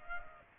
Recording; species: mosquito wingbeat signal from an infrared sensor; Culex pipiens